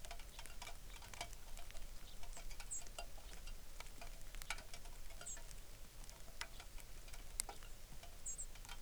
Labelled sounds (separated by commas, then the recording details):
songbird, rain
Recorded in the Arctic National Wildlife Refuge, Alaska, on 3 August 2019
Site 33